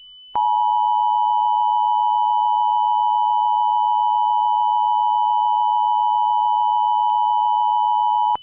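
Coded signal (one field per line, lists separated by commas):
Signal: Emergency Alert System (SAME) tones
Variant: 853 and 960 Hz attention tone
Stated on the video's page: Fictional mock Tornado Warning for three Colorado counties, using valid SAME tones.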